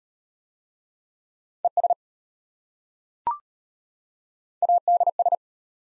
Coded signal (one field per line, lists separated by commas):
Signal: Morse code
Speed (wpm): 33 wpm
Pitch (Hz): 700 Hz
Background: none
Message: ES ADS